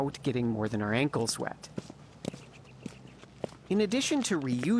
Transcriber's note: soundbite of footsteps